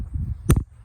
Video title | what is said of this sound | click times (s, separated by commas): Changing the TPS (throttle position sensor) on Grand Am 🚗💨 | All right. And once it's on there, just make sure it clicks on there. | 0.5 s